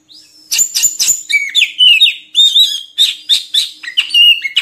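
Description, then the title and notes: Oriental magpie-robin singing a fast run of sweet whistles and sharp chips, some notes swooping downward, delivered without a break after a quiet start. Oriental magpie-robin song made for training kept birds to sing (gacor) day and night. "Kacer Jadi Gacor Siang Malam. Isian Kacer Durasi Panjang"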